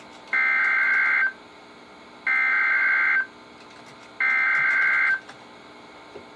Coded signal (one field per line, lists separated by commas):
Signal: Emergency Alert System (SAME) tones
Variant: header bursts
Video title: EAS #1072-#1080: The Winter Hazards are Getting old now | KHB36, WXM42, & KEC83